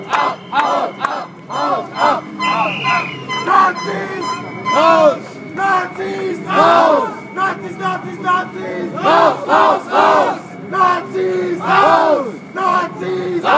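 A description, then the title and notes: Protest crowd chanting and shouting in bursts throughout, many voices rising and falling together with a sharp whistle, dense. Anti natzi protest by Liraz Axelrad.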